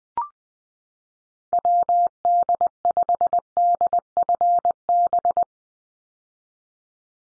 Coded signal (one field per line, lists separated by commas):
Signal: Morse code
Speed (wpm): 20 wpm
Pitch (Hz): 700 Hz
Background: none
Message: WD5DFB